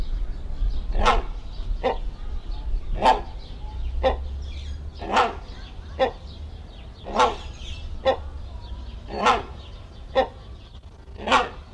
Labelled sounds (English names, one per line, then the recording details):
Great Hornbill call
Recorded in captivity
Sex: pair
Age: adult
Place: Zoo Berlin, Berlin, DE
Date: 1994-05-07 11:56
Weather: heiter, 12-18°C
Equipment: Marantz CP 430, Sennheiser ME 80, Kopie Uher Variocord 263
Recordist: Tembrock, Günter